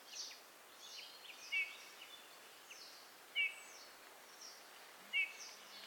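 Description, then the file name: Eurasian bullfinch calling with three short, soft piped notes spaced nearly two seconds apart. "Pyrrhula pyrrhula"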